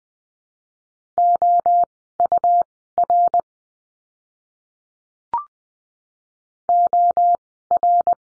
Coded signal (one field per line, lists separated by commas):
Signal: Morse code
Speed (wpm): 20 wpm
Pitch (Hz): 700 Hz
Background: none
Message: OUR OR